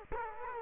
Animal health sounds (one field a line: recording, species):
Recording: mosquito wingbeat signal from an infrared sensor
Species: Culex quinquefasciatus